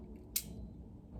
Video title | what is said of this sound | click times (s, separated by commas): Alternatives for Sugar Testing during Pregnancy | but then you put this on your finger and then you press like this. So I don't know if you can hear the click. | 0.4 s